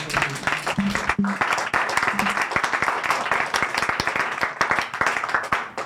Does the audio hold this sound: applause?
yes